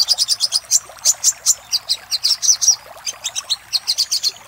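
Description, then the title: Little spiderhunter giving brisk, thin high chips in uneven clusters, with a short break midway. Master recording used for training cage birds, labelled 'Labaik'. "Masteran Burung Sogok Ontong Labaik"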